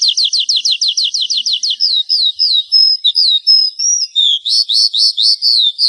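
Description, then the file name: Horsfield's bush lark opening with a rapid trill of identical falling notes, then drawn-out whistles and a final burst of twittering chirps. "suara burung branjangan"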